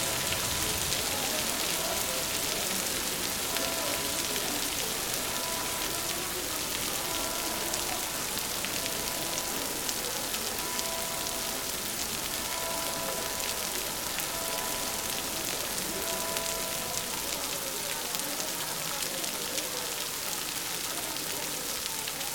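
Rain falls steadily and densely, a bright, even hiss of countless drops that never lets up across the whole stretch. Faint tonal lines drift beneath it, likely voices or a hum, while the rainfall stays constant in loudness.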